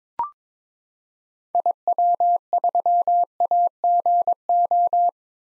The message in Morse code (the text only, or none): IW3AGO